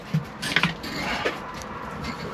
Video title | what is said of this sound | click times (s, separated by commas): Volkswagen camper revival part 2 , cleaning 10 years of filth off and out of this bus!!!! | don't think this shock's locked into place anymore | none